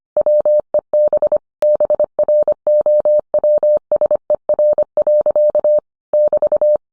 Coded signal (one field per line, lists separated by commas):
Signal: Morse code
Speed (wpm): 25 wpm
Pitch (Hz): 600 Hz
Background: none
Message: WEB BROWSER. <BT>